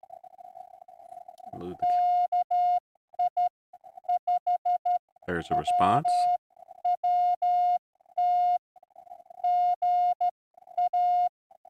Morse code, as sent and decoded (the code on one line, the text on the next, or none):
-.- .. / ..... / .-- .-- - / --. .-
KI 5 WWT GA